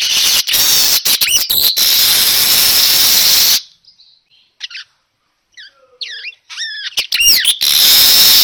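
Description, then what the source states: Weaver song: loud sizzling hiss with quick chips, a pause with faint scattered notes, then a burst of twisting squeaky notes returning to the buzzy hiss. Lure sound of a weaver (burung manyar) in vigorous, continuous 'gacor' song.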